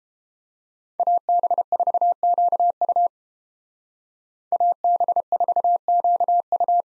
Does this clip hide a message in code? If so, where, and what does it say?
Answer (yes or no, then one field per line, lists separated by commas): yes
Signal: Morse code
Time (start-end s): 1.0-6.8 s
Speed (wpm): 29 wpm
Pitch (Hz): 700 Hz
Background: none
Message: AB4QU AB4QU